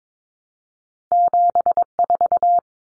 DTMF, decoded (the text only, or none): none